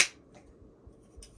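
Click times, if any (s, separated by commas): 1.2 s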